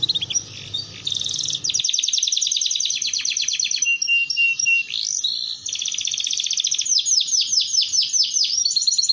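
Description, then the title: Canary singing nonstop rapid trills and chattering rolls, the phrases changing speed and pitch, with low background noise during the first two seconds. Belgian canary song used to warm up canaries and as a model for young canaries learning to sing. "Canto Para Esquentar Canário Belga. Terapi Pancingan Suara Kenari Gacor || Masteran Kenari Paud Belajar Bunyi"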